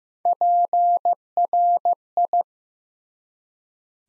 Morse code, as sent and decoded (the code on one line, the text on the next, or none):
.--. .-. ..
PRI